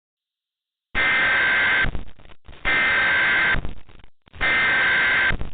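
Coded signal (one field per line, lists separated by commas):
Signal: Emergency Alert System (SAME) tones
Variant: header bursts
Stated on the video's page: Mock EAS alert, a recreation.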